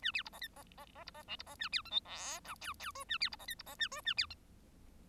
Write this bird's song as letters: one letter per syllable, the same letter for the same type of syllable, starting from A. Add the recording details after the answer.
A B C D E D D D C D F C D A B G H I J K K L A B C D E C D A L A B G. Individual Bird1